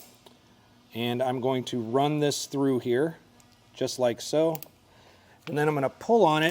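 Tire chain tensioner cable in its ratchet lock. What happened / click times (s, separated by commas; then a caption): Handled, not yet home: the tensioner cable is being threaded, no ratchet clicks yet / none. Someone talks while threading the tensioner cable of a Konig Square Link tire chain through its ratchet lock on a 2025 Mazda CX-30, with only a faint brief tick at about 0.3 s before the talking starts. The cable has not yet been pulled tight, and nothing has seated or clicked yet.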